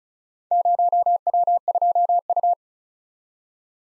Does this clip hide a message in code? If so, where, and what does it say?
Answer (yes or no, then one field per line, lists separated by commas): yes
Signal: Morse code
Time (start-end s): 0.5-2.5 s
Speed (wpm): 36 wpm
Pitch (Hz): 700 Hz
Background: none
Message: 0W2U